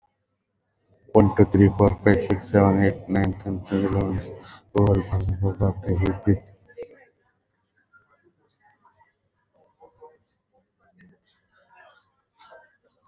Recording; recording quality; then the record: counting at a normal pace; poor, much background noise or distortion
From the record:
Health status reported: exposed to COVID-19, no respiratory illness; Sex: male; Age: 51 years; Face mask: not worn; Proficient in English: yes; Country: India